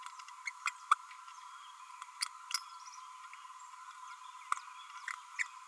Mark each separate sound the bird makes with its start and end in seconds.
0.67-0.70, 0.91-0.95, 5.39-5.43